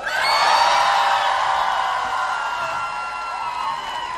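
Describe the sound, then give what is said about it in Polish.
A concert audience in Gdynia, in fine weather, shouts and cheers continuously, a dense wash of many voices with high whoops rising above, loud at the start and easing slightly before swelling again. “Albo wy możecie cały czas krzyczeć.”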